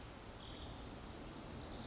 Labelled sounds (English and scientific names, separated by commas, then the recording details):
Pacific Wren (Troglodytes pacificus)
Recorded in Sonoma County, California